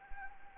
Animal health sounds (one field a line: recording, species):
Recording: mosquito wingbeat signal from an infrared sensor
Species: Anopheles arabiensis